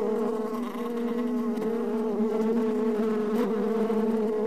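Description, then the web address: Bees buzzing, a steady droning hum, continuous throughout with slight wavering in pitch. Two bees buzzing. "brzeczenie dwoch pszczol"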